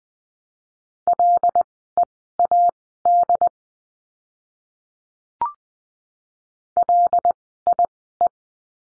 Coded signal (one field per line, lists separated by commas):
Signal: Morse code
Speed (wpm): 20 wpm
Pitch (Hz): 700 Hz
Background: none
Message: LEAD LIE